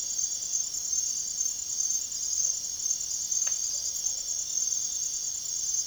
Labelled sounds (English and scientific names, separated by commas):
none